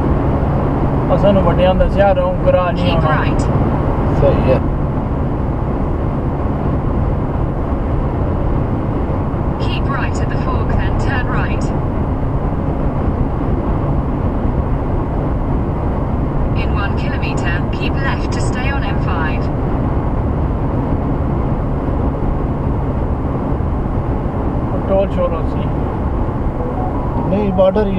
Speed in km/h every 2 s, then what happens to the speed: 129, 129, 130, 130, 130, 130, 130, 130, 130, 130, 129, 124, 121, 118.
0-19 steady at about 130. 19-28 slows to 118.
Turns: none.